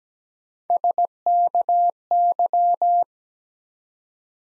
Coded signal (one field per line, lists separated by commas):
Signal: Morse code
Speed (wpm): 17 wpm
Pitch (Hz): 700 Hz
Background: none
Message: SKY